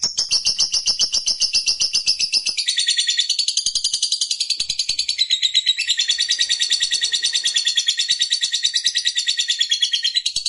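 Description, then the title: Lovebird delivering an unbroken stream of high, scratchy chirps and twittering trills, the notes running together into a fast buzzy chatter. Fighter-type lovebird singing energetically (gacor). "SUARA Lovebird FIGHTER GACOR"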